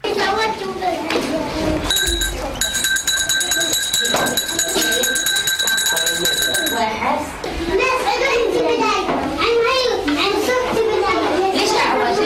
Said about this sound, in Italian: Sono voci di bambini, sono voci di una scuola particolare, una scuola che si trova tra Gerusalemme e Gerico, sulla via del Buon Samaritano.